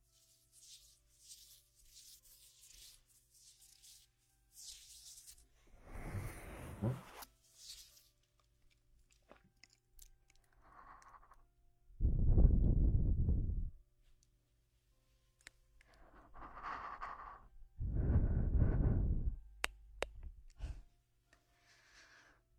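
Breathing and blowing close to the ear. Soft airy hisses come first, then heavier, lower breaths arrive in bursts around 6, 12, 17 and 19 seconds, with faint rustling and small clicks between them.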